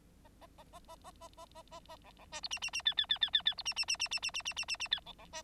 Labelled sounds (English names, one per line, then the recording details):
Bengalese Finch song
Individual Bird9